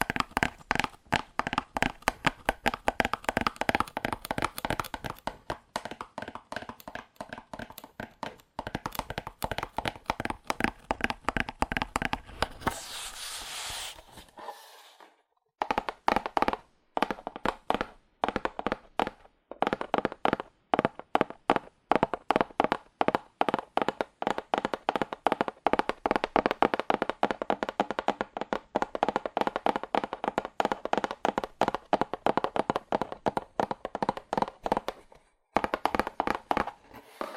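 Fast, aggressive tapping on cardboard, a dense run of sharp hollow hits with a papery ring, mostly mid-pitched. The rapid stream continues with a brief burst of scratchy rustling near 13 seconds and short pauses around 15 and 35 seconds.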